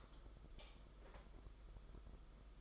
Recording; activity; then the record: daily activity, microphone in the room; light off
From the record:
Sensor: 5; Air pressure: 991.2 hPa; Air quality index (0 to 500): 106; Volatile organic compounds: 21 ppm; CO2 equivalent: 2738 ppm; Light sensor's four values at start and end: 19/47/19/21 and 18/42/17/19